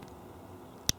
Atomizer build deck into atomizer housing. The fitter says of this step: uh because that's on and you hear that little click